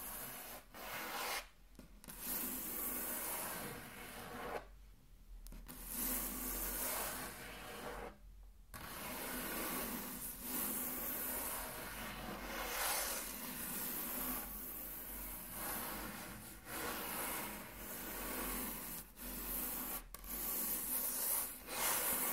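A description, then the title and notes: Fingertips or an object trace firmly across a wooden table, a dense, scratchy rubbing that runs almost without a break. Strokes swell and brighten every second or two. Brief pauses fall near the two-, five- and eight-second marks, with a low hum underneath. Intense Table Tracing (No Talking).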